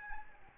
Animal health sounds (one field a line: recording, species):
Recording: mosquito wingbeat signal from an infrared sensor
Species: Aedes albopictus